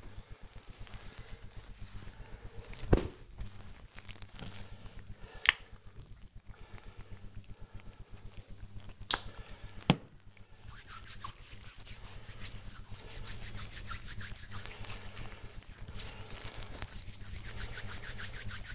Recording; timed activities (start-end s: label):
household activities, microphone on the right wrist
3.53-18.74 s: cream hands